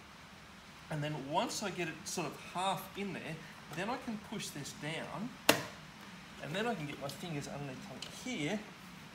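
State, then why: Not seated. A plastic center console trim panel is being forced half into the interior console of a Porsche 981 Boxster, pushed down, and then gripped from underneath, while someone talks throughout. A single sharp knock is heard at about 5.5 s amid the handling. Nothing has seated or clicked into place yet.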